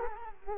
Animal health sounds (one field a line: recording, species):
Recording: mosquito wingbeat signal from an infrared sensor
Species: Culex quinquefasciatus